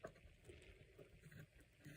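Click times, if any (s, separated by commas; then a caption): none. The sliding clasp on a metal watch strap is moved along the strap to tighten it, before it is pushed down by finger. Quiet scraping and handling noise fills the clip, with two brief sharp sounds near 0.1 s and 1.3 s. The clasp has not yet been pushed down, and nothing has clicked into place.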